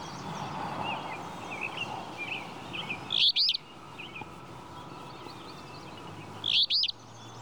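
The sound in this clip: Flycatcher calls: two sharp, high chip notes about three seconds apart over background noise.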